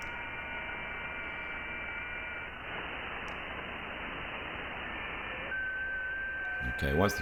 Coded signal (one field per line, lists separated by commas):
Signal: FT8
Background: speech